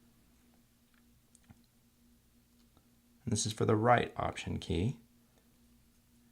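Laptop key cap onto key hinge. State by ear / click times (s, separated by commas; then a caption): not seated / none. A replacement plastic right Option key cap for a 13-inch mid-2010 MacBook Pro 2.4 GHz (1278, MC374, AC07) is picked up and positioned over its key hinge, with faint handling taps around 1.4 s and 2.8 s before someone talks from about 3.2 to 4.9 s. The key cap has not been pushed home yet, and nothing has seated or clicked.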